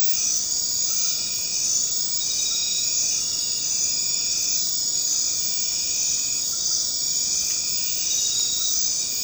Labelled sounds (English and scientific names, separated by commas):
none